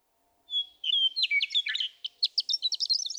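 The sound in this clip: Western meadowlark song: a pure whistle, then a tumbling run of liquid, gurgling notes that continues to the end.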